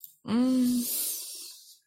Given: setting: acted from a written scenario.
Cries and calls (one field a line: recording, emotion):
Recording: vocal sound without words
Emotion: shame